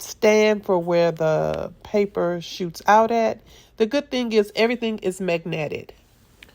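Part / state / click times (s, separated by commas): paper output stand onto printer body / not seated / none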